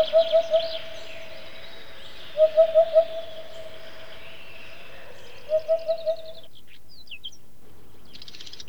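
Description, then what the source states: Eurasian hoopoe song, muffled 'oop-oop-oop' phrases of three or four even notes, three runs spaced a few seconds apart, other birds twittering faintly in the background. Rarely heard near Moscow, Russia, but its muffled voice is very common a bit further south.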